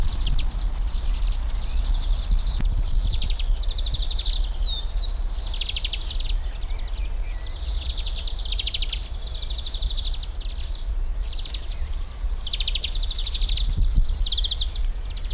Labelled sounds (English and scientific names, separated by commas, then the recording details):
European Greenfinch (Chloris chloris)
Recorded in the wild
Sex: group
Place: Lübars (Fließtal), Berlin, DE
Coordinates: 52.6167, 13.35
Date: 1999-07-17 19:43
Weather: fair, ca. 25°C
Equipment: Sony WM-D6C, Sennheiser ME 80, Kopie Uher 4000 Report Monitor
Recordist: Tembrock, Günter